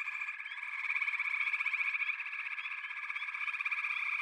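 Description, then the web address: Frog chorus, rapid pulsing trills overlapping into a steady throb, with occasional rising chirps cutting through. "The Natural Sounds of the Wilderness. Echoes of Nature - Frog Chorus"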